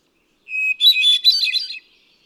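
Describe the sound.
Hermit thrush song: a clear, steady whistled opening note, then a quick, tumbling cascade of higher, fluty, shimmering notes lasting about a second.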